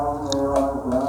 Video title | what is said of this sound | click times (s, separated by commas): Vario 150 Brebet dan Tersendat Ternyata Ini Biang Keroknya! | Nah sekarang kita pasang soket-soketnya sampai bunyi klik ya. | 0.3 s